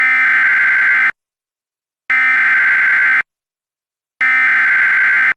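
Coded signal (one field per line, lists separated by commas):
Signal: Emergency Alert System (SAME) tones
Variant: header bursts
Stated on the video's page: Severe thunderstorm warning EAS template, not a real alert.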